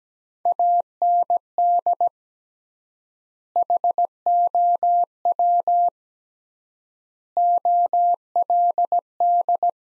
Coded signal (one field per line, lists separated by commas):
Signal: Morse code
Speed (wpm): 17 wpm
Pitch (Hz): 700 Hz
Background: none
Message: AND HOW OLD